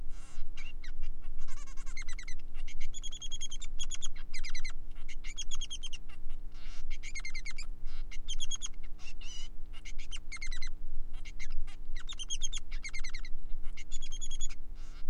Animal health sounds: song of a male Bengalese finch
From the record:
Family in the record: son of father 3

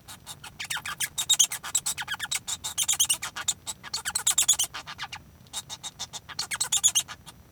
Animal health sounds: song of a male Bengalese finch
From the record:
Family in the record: son of father 1

